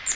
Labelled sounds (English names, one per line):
Magnolia Warbler flight call